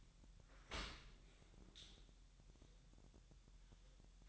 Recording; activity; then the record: daily activity, microphone in the room; open dishwasher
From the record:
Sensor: 3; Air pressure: 1000.4 hPa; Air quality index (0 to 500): 247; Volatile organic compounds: 168 ppm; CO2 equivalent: 4098 ppm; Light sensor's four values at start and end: 10/24/10/10 and 10/24/10/10